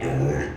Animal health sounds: contact call of a hoofed animal; pig; closed-mouth grunt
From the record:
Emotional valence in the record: negative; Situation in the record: short social isolation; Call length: 0.57 s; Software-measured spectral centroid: 1510 Hz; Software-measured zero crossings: 1060 a second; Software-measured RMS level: -24 dBFS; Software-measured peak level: -12 dBFS

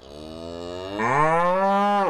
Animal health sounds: contact call of a hoofed animal; cattle; low-frequency (closed-mouth) or high-frequency (open-mouth) call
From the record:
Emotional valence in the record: negative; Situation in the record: full separation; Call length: 2.1 s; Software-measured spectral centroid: 1420 Hz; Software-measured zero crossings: 1720 a second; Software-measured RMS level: -23 dBFS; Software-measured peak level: -7 dBFS

